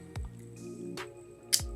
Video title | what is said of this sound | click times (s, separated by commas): SilverCrest SFW 220 - ENGLISH REVIEW! - £24.99 Lidl - Cheapest Smart Watch/Activity Tracker | it snaps into place and that's it it starts charging | 1.5 s